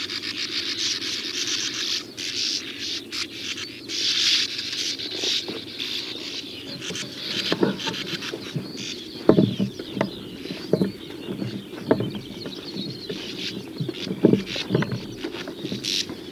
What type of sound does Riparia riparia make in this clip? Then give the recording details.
call. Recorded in the wild. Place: Schönfeld, Brandenburg, DE. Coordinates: 53.396, 14.006. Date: 1993-05-17. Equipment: Nagra III BH, Sennheiser MD 21, parabola. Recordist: Schubert, Michael